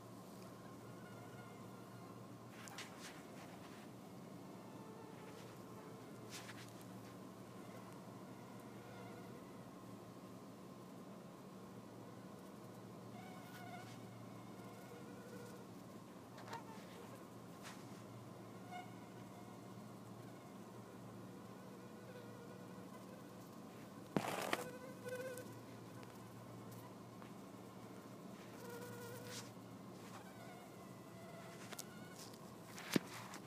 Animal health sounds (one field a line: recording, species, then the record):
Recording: mosquito flight sound by mobile phone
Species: Anopheles albimanus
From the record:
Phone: iPhone 4S